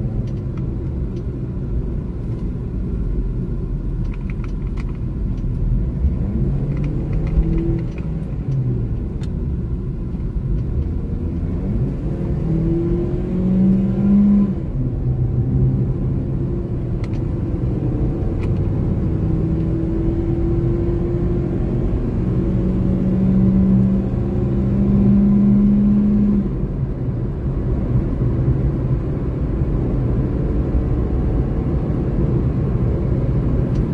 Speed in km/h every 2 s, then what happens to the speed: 46, 36, 34, 46, 34, 36, 52, 64, 72, 81, 89, 95, 102, 106, 111, 115, 115.
0-2 brakes to 36. 2-7 speeds up to 46. 9-30 speeds up to 115.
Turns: none.